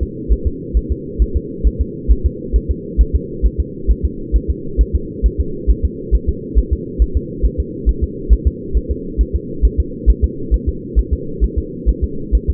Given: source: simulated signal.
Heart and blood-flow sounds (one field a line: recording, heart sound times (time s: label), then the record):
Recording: fetal heart sounds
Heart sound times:
0.03 s: S2
0.32 s: S1
0.47 s: S2
0.77 s: S1
0.92 s: S2
1.22 s: S1
1.37 s: S2
1.67 s: S1
1.81 s: S2
2.12 s: S1
2.26 s: S2
2.56 s: S1
2.71 s: S2
3.01 s: S1
3.16 s: S2
3.46 s: S1
3.60 s: S2
3.91 s: S1
4.05 s: S2
4.36 s: S1
4.50 s: S2
4.81 s: S1
4.95 s: S2
5.26 s: S1
5.40 s: S2
5.70 s: S1
5.85 s: S2
6.15 s: S1
6.29 s: S2
6.59 s: S1
6.73 s: S2
7.02 s: S1
7.17 s: S2
7.45 s: S1
7.60 s: S2
7.89 s: S1
8.04 s: S2
8.33 s: S1
8.47 s: S2
8.77 s: S1
8.91 s: S2
9.21 s: S1
9.36 s: S2
9.65 s: S1
9.80 s: S2
10.10 s: S1
10.24 s: S2
10.54 s: S1
10.69 s: S2
10.99 s: S1
11.13 s: S2
11.44 s: S1
11.58 s: S2
11.89 s: S1
12.04 s: S2
12.35 s: S1
12.50 s: S2
From the record:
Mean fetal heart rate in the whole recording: 135 bpm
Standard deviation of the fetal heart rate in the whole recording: 3 bpm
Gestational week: 34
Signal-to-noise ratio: -4.3 dB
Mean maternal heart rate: 72 bpm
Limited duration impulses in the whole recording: absent